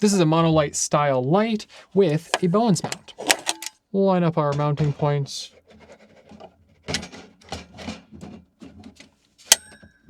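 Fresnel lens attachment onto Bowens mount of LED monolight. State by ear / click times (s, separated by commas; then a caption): seated / 9.5 s. A Fresnel lens attachment is lined up with the Bowens mount on an LED monolight and twisted. Someone talks for the first five seconds, followed by quieter handling and scraping sounds. A sharp click at 9.5 s marks the mount locking into place.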